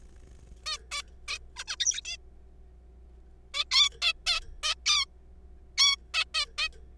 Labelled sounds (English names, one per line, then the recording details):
Zebra Finch
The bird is a juvenile
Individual R3428